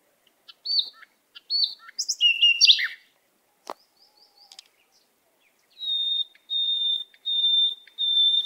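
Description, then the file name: Canary song: varied chirps and short twittering notes, a pause, then several clear high whistled notes, held and repeated. "Canary Voice"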